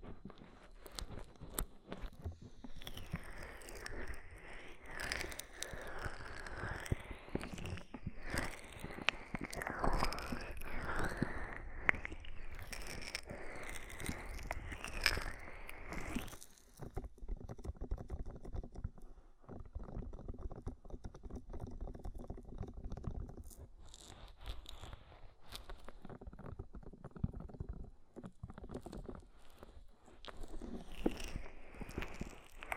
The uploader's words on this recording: ASMR Oil, Foam and Tingly Ear Massage for Stress Relief (No Talking).